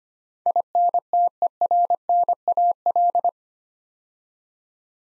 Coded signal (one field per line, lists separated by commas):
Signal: Morse code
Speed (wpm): 25 wpm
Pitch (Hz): 700 Hz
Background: none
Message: INTERNAL